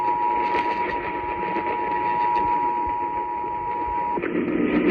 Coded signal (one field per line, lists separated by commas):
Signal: Emergency Alert System (SAME) tones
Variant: 853 and 960 Hz attention tone